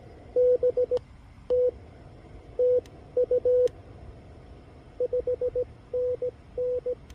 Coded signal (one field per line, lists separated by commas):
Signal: Morse code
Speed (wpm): 18 wpm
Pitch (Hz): 500 Hz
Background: none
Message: BT TU 5NN